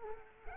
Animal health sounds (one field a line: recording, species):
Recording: mosquito wingbeat signal from an infrared sensor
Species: Culex quinquefasciatus